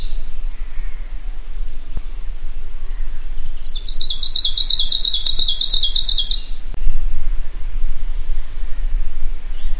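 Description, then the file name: Arctic warbler singing a single dry, high trill of rapid buzzy notes lasting about three seconds, over low background rumble. "suara nyanyian burung cikrak kutub. omkicau"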